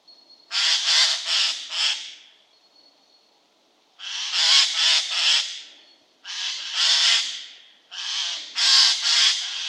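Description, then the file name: Eurasian jay giving harsh, rasping screeches in bursts of three or four, with pauses of under a second to about two seconds between bursts. "Garrulus glandarius"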